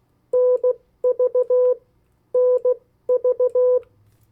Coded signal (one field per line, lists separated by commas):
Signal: Morse code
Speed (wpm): 16 wpm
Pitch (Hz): 500 Hz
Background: none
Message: NV NV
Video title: 50 State Abbreviations, Variable speeds, in CW Video #5